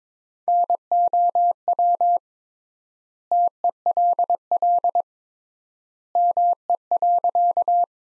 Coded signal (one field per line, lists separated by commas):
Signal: Morse code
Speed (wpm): 22 wpm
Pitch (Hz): 700 Hz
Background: none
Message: NOW TELL ME.